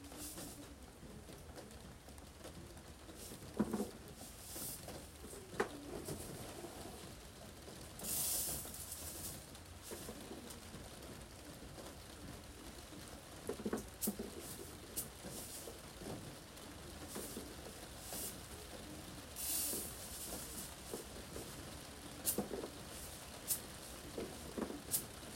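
Rain falls on a roof in a steady, dense hiss that barely changes across the clip. Scattered knocks and taps from vegetables being handled break through every few seconds, with brief bright rustling bursts around 8 and 20 seconds over a faint low rumble.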